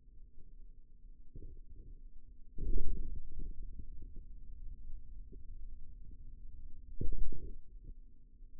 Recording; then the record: forearm muscle sounds (acoustic myography)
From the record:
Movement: radial deviation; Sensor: system 2, bracelet of six BSWA MPA416 microphones around the upper forearm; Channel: 3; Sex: male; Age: 22 years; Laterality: right